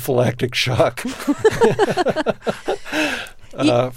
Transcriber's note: soundbite of laughter